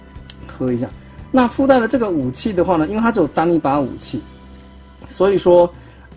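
A plastic energy key accessory is pressed into its slot on a Transformers Legacy United Cybertron Universe Voyager Class Vector Prime transforming toy in vehicle mode, needing a little alignment because of a bump near the slot. A sharp click at 0.3 s marks the key seating, followed by someone talking over background music.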